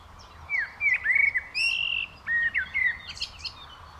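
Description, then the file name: Eurasian blackbird with a flowing song of smooth, slurred whistles broken by short pauses and a few high squeaky notes. "Turdus merula"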